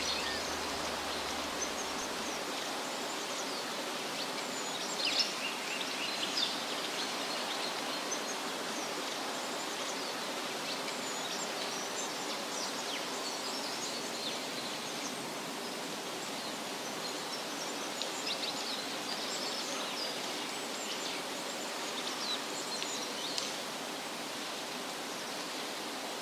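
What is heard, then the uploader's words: Cicadas and crickets keep up a dense, steady chirring in the forest at night, with faint tonal drones beneath. Brief bright chirps flick through the upper range now and then, clustering around five, fifteen and twenty-three seconds, while the overall level stays even. In the forest at night, the sound of cicadas and birds chirping and crickets enters the ears.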